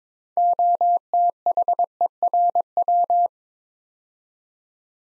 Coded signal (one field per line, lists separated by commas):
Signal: Morse code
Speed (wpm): 22 wpm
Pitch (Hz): 700 Hz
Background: none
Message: OTHERW